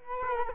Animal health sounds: mosquito wingbeat signal from an infrared sensor; Culex quinquefasciatus

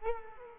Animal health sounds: mosquito wingbeat signal from an infrared sensor; Culex quinquefasciatus

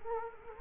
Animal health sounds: mosquito wingbeat signal from an infrared sensor; Culex quinquefasciatus

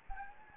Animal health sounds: mosquito wingbeat signal from an infrared sensor; Anopheles gambiae

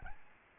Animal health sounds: mosquito wingbeat signal from an infrared sensor; Aedes albopictus

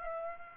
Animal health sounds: mosquito wingbeat signal from an infrared sensor; Aedes aegypti

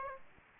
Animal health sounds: mosquito wingbeat signal from an infrared sensor; Aedes aegypti

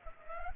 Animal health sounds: mosquito wingbeat signal from an infrared sensor; Culex pipiens

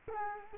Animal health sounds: mosquito wingbeat signal from an infrared sensor; Culex quinquefasciatus

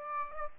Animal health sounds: mosquito wingbeat signal from an infrared sensor; Aedes aegypti

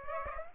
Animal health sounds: mosquito wingbeat signal from an infrared sensor; Aedes aegypti

